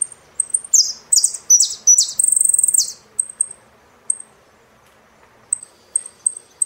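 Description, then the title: Saffron finch song: sharp high chips lead into a burst of descending slurred notes and a fast buzzy trill, then scattered single chips resume. "Jilguero Argentino"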